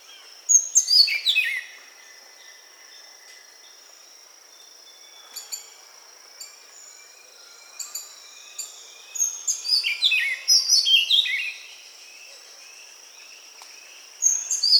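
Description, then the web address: Buff-throated saltator song: quick bright phrases sliding downward from high to mid pitch, one near the start, a longer run around ten seconds, another at the end, over a steady high insect hum. Recorded in South America. "Natures Songs S America Buff-throated Saltator"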